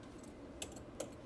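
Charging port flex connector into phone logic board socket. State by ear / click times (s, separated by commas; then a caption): seated / 0.6 s, 1.0 s. The charging port flex cable connector of an iPhone 11 Pro is pressed onto its socket on the phone's logic board inside the housing. Two sharp, bright snaps are heard at 0.6 s and 1.0 s, with a fainter tick between them over a low steady background. The connector snaps in and is seated.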